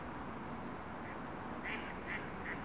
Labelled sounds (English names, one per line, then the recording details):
Mallard
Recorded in Germany
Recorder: ecoPi